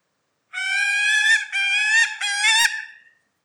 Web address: sound Gyrfalcon